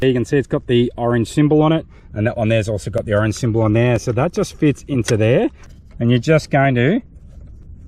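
A plastic drone propeller marked with an orange symbol is fitted onto the matching motor hub by hand, ready to be twisted anticlockwise to lock it. Someone talks throughout, with only faint handling sounds in the pauses. The clip ends before the propeller goes home; nothing has seated or clicked yet.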